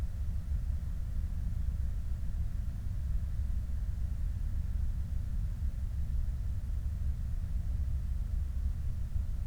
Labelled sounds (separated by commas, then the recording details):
machinery, flare stack
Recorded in the Prudhoe Bay oil fields, Alaska, on 12 August 2019 at 03:50
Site 25